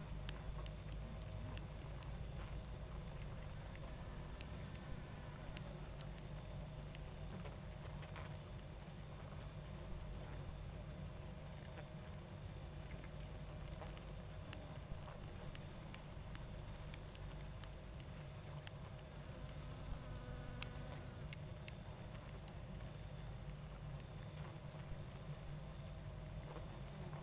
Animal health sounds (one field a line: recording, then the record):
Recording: honeybee colony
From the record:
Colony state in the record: active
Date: 28 July 2017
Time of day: 21:39